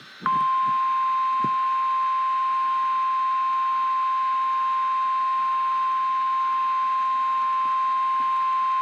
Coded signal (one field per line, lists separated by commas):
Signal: Emergency Alert System (SAME) tones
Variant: 1050 Hz attention tone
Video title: REAL EAS 424-Severe thunderstorm warning